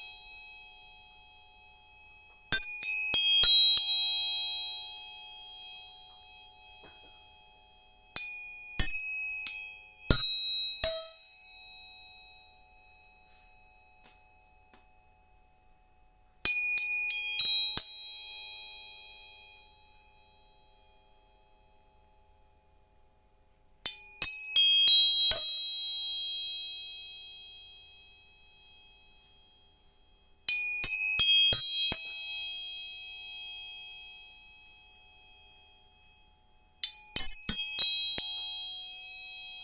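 A tuning fork is struck six times, roughly every six to seven seconds, each strike a sharp metallic tap with a few quick clicks. A clear ringing tone with bright overtones follows each time and slowly fades away. Silence fills the gaps between rings.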